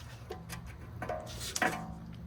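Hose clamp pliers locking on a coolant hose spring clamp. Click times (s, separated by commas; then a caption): 1.6 s. Hose clamp pliers are hooked onto the spring clamp of a coolant hose during a CWA100 pump install on a B8 S4 and squeezed. After light handling clinks around 1.0 s, a sharp click at 1.6 s marks the pliers locking into place on the clamp by themselves.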